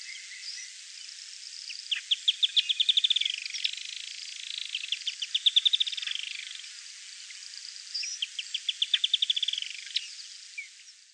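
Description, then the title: Firewood-gatherer song in three bouts. Each bout has scattered chips that speed into a rapid, descending rattle of sharp notes, with a soft background hiss. "LuckyPassaro Completos2Sama. Firewood-gatherer (Anumbius annumbi)"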